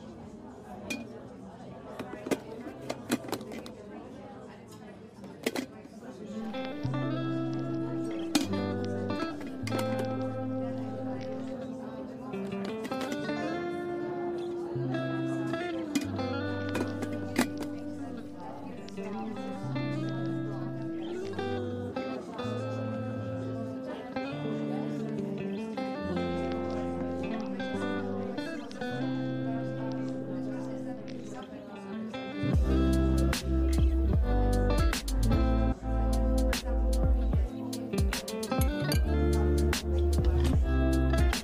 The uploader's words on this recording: Coffee shop ambience | cozy cafe. เสียงบรรยากาศสบายๆ ในร้านกาแฟ.